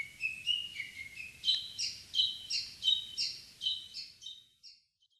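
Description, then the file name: Japanese bush warbler: a series of quick bright notes, fading out at the end, over low background noise that drops away near the end. Recorded at Kokubunji, 21 April 2004. "uguisu kokubunji"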